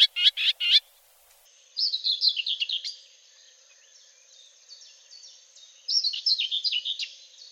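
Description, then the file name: Common whitethroat song: two brief, scratchy, chattering warbled phrases about four seconds apart, after a burst of loud, sharp notes at the start. "Fauvette grisette"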